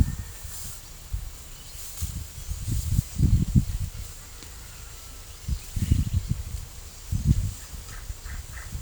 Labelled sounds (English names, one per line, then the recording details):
none
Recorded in pastures near Puerto Asís, Putumayo, Colombia, on 26 December 2024 at 09:30
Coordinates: 0.497, -76.327
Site G088